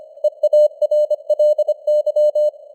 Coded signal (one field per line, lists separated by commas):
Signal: Morse code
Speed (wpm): 25 wpm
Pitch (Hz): 600 Hz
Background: none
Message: EARLY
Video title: Morse Code News | 2025-10-20 | 25wpm